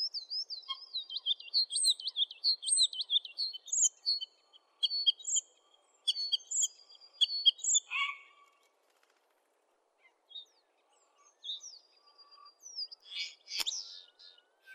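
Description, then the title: Oriental magpie-robin song, a rapid series of high, thin whistled notes and squeaks, then quieter scattered phrases and a sharp click-like burst near the end. "Kicau Kacer"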